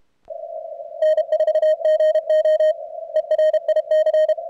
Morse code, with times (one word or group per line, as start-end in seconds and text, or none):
1.0-2.7 N4GO
3.2-4.3 ERIC